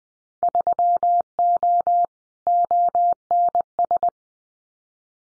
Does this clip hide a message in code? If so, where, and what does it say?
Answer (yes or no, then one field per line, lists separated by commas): yes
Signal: Morse code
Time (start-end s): 0.4-4.1 s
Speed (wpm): 20 wpm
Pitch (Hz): 700 Hz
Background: none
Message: 3O ONS